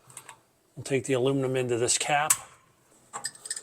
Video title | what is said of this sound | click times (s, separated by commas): 🔧 Budget Car Build - Dry Sump Tank Installation | Line that up. Feel the plug snap in place. | 0.2 s